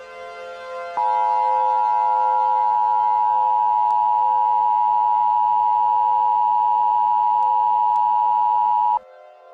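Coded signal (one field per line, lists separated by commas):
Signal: Emergency Alert System (SAME) tones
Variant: 853 and 960 Hz attention tone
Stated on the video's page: Fictional EAS scenario, not a real alert.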